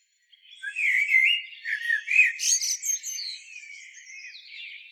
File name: Turdus merula